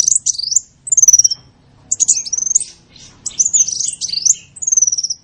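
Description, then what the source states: Sunbird song: short bursts of high, twisting whistles, two of them long slurred notes that fall in pitch, with brief silent gaps between them. Singing in full song (gacor), with phrases copied from the cililin and the canary.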